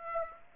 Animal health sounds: mosquito wingbeat signal from an infrared sensor; Aedes aegypti

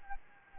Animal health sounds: mosquito wingbeat signal from an infrared sensor; Anopheles gambiae

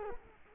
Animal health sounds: mosquito wingbeat signal from an infrared sensor; Culex quinquefasciatus

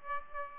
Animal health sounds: mosquito wingbeat signal from an infrared sensor; Aedes aegypti

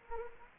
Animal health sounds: mosquito wingbeat signal from an infrared sensor; Anopheles gambiae

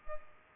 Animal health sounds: mosquito wingbeat signal from an infrared sensor; Culex pipiens

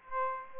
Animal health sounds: mosquito wingbeat signal from an infrared sensor; Aedes aegypti

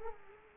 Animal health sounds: mosquito wingbeat signal from an infrared sensor; Culex quinquefasciatus

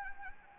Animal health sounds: mosquito wingbeat signal from an infrared sensor; Anopheles gambiae

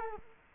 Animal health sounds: mosquito wingbeat signal from an infrared sensor; Culex quinquefasciatus

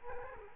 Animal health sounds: mosquito wingbeat signal from an infrared sensor; Culex quinquefasciatus

